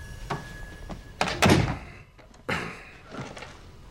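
An office door is pushed shut: a short rustle and scrape, then a loud solid thunk, followed by a second, softer knock as it settles. No one speaks.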